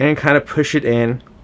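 A metal lightsaber hilt section is being pushed into its adjoining hilt section while someone talks for most of the clip, then it falls quiet after about 1.2 seconds. The part has not seated or clicked in yet, and the bottom piece has not been screwed back on.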